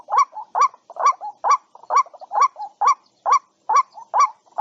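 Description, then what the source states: White-breasted waterhen series of rising nasal notes with soft chattering between them, repeated about twice every second. Calling to its flock.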